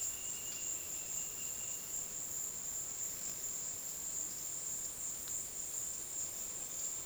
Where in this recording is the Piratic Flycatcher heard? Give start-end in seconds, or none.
none